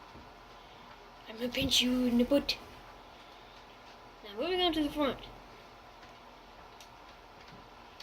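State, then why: Seated. Someone talks in two short bursts while the bottle opener blade of a pocket multitool is swung out of the pocket knife handle. Its spring detent clicks sharply into the open position at 8.0 s, and the blade is seated open.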